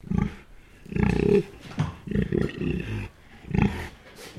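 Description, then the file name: Landrace pig grunting, a sequence of short, deep, rough grunts in irregular bursts. Landrace pig recorded inside; grunt sequence. "ANIMAL PIG LANDRACE EDGAR INSIDE GRUNT SEQUENCE"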